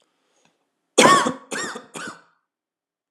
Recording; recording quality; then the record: heavy voluntary cough; excellent, no background noise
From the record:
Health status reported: healthy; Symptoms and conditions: none ticked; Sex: male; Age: 22 years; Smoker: not ticked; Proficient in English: yes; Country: India